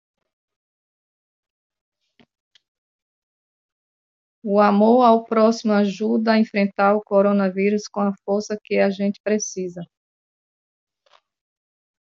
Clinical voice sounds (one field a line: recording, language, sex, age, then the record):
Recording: spoken sentence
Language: Brazilian Portuguese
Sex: female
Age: 50 to 59 years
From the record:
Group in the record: control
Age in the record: 58 years